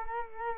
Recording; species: mosquito wingbeat signal from an infrared sensor; Culex quinquefasciatus